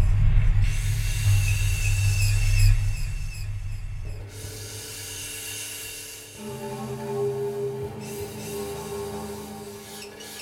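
A rubbed bass drum lying on its side gives a heavy low rumble with bright scraping above for the first four seconds, then drops away. Synthetic pads take over: sustained tones with a thin high layer, shifting to a new steady chord around six seconds.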